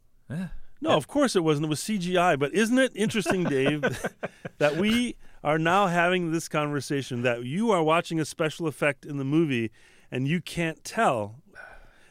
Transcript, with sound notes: No. Of course, it wasn't. It was CGI. But isn't it interesting, Dave...
(Laughter).
...That we are now having this conversation? That you are watching a special effect in the movie and you can't tell